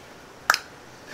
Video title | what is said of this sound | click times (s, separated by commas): DIY Valve Check on a Triumph Bonneville T120 | He's using a torque wrench. I don't know if you can hear the clicks. | 0.5 s